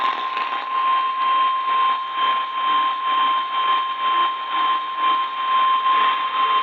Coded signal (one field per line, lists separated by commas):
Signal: Emergency Alert System (SAME) tones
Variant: 1050 Hz attention tone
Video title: DXing struggles... | EAS #84-89 (Severe Weather Alerts from 3/1-3/2023)